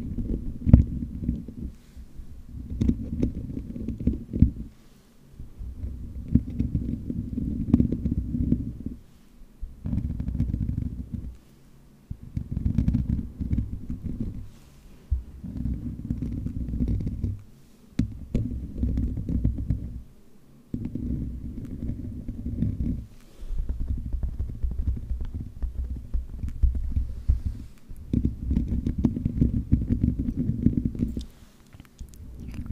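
Microphone scratching comes in repeated bursts of low, rough rumbling, each lasting two to four seconds with short quiet gaps between them. About eight such passages fill the stretch, dense and gritty, with occasional faint clicks sitting higher above.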